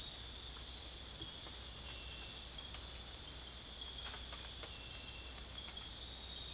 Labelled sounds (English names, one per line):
none